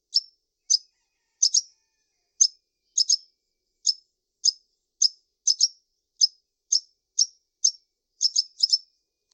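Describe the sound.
Bird chirping steadily, high sharp notes singly and in pairs about every half second, with a closing cluster; quiet background.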